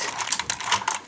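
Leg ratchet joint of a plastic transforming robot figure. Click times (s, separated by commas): 0.5 s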